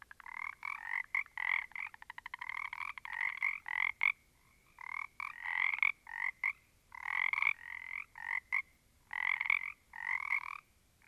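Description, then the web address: Frogs croaking together, a rapid rattling trill at the start followed by bursts of harsh pulsed calls, with a short lull near the middle. A small group of frogs. "static audio olofonia Small Group of Frogs"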